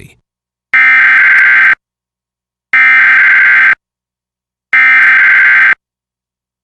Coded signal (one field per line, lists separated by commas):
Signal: Emergency Alert System (SAME) tones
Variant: header bursts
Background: speech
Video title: EAS #715: EAS Required Monthly Test- Nov. 7, 2022- 2:45PM PST